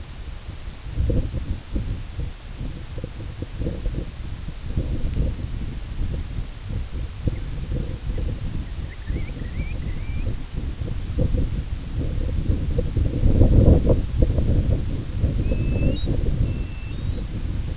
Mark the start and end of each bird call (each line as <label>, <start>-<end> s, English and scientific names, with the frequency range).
American Golden-plover (Pluvialis dominica) (1.4-2.8 kHz), 8.61-10.30 s
American Golden-plover (Pluvialis dominica) (2.4-4.2 kHz), 15.22-16.13 s
American Golden-plover (Pluvialis dominica) (2.4-4.2 kHz), 16.40-17.27 s